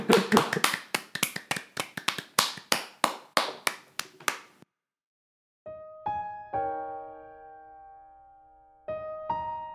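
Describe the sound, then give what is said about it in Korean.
A quick run of about seventeen sharp hand claps in a steady rhythm, marking the close of a broadcast, lasts several seconds, stops, and after a short silence a sustained, ringing musical melody begins. “진짜로 박수 치도록 해요.”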